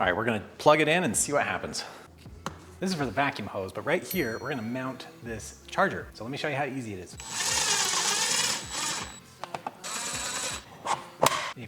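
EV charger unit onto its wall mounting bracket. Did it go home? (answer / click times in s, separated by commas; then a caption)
yes / 11.3 s. Someone talks while an EV charger unit is mounted after its wall bracket has been fastened, with stretches of steady broadband noise in between. The charger is pushed onto its wall mounting bracket and seats with a sharp click at 11.3 s.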